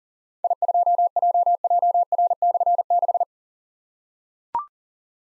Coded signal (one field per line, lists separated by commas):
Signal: Morse code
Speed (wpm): 41 wpm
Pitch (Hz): 700 Hz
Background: none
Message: I2JJR/6